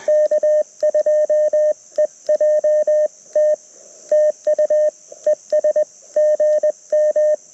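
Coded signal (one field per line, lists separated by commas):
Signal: Morse code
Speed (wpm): 20 wpm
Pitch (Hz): 610 Hz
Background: radio noise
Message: K2EJT TU ES GM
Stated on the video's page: QRP CW Parks on the Air activation from an LNR Precision Mountain Topper MTR4B V2.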